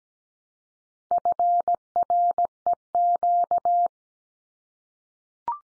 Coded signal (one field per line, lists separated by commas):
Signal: Morse code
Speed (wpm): 17 wpm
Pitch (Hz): 700 Hz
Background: none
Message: FREQ